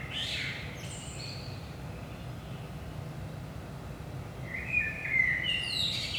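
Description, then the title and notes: Common blackbird song, a short warbled phrase at the start and another rising into a high twitter near the end, over a steady low background rumble. Saint-Gilles, Belgium; about 5 am, early morning; recorded with DPA 4060 microphones in AB placement into a Zoom F3. "Saint-Gilles, Belgique - 5am Blackbird. Blackbird in the morning. Merle au petit matin"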